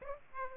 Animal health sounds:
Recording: mosquito wingbeat signal from an infrared sensor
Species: Aedes aegypti

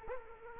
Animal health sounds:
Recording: mosquito wingbeat signal from an infrared sensor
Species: Culex quinquefasciatus

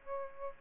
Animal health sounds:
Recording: mosquito wingbeat signal from an infrared sensor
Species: Aedes aegypti

